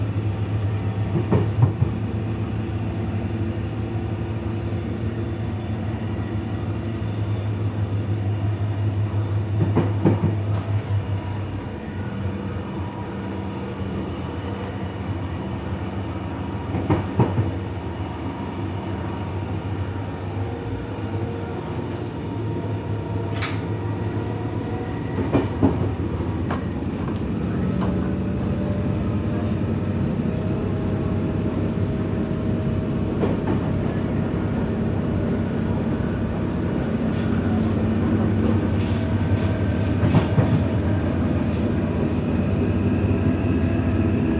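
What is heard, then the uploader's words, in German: An evening train ride with steady low rumble and rattling tracks, sharp clacks every few seconds, the hum shifting pitch midway through. Abendliche Zugfahrt, ratternde Gleise.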